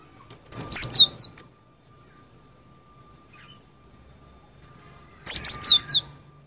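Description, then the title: Cinereous tit: two phrases of three to four sharp, high, downslurred notes, about four and a half seconds apart, over a faint steady hum. "G3latik b4t0 suara burung gelatik winko"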